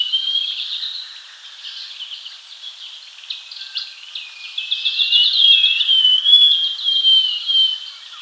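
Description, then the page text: Scaly-crowned babbler song: a continuous, tangled stream of high whistles and chatter that swells louder in the second half. "Scaly-Crowned Babbler Song Sound Effect. Quick Sounds"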